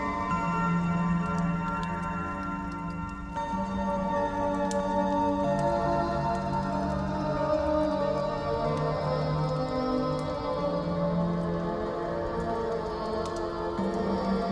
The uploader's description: Calm Piano Music & Campfire